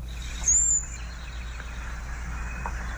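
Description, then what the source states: Cedar Waxwing call, a single very thin, high-pitched note over a steady low hum. Described as a very thin, high-pitched sound, not really a song.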